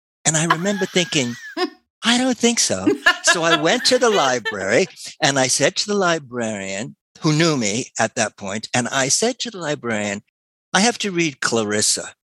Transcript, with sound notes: And I remember thinking, "I don't think so." (laughter) So I went to the library, and I said to the librarian, who knew me at that point, and I said to the librarian, "I have to read Clarissa.